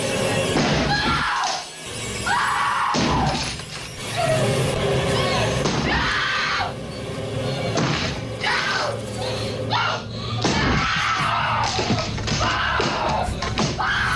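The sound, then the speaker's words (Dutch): A woman screams repeatedly in high, strained bursts while an axe hacks into a wooden door with heavy, splintering blows, the chopping and cries overlapping throughout; the iconic scene from the film The Shining in which actor Jack Nicholson chops through a door with an axe. “In de meest iconische scène uit die film hakt acteur Jack Nicholson met een bijl een deur in om haar te vermoorden.”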